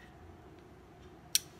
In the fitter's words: You can hear it drop in.